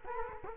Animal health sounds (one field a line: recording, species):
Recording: mosquito wingbeat signal from an infrared sensor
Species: Culex quinquefasciatus